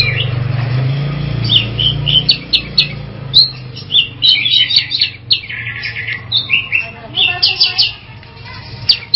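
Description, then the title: Long-tailed Shrike song: a varied run of sharp chirps, short whistles and buzzy notes, with a steady low hum beneath. "Audio Cendet Pentet"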